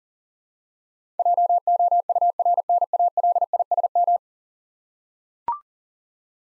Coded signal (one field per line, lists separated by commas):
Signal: Morse code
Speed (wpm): 40 wpm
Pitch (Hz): 700 Hz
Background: none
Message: JOURNALISM